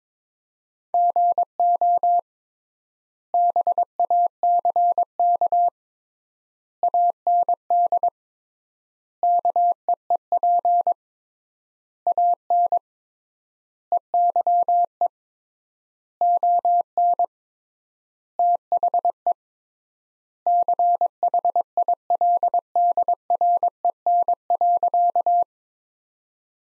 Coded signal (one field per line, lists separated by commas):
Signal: Morse code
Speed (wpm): 22 wpm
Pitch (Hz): 700 Hz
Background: none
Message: GO BACK AND KEEP AN EYE ON THE CHILDREN.